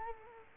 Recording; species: mosquito wingbeat signal from an infrared sensor; Culex quinquefasciatus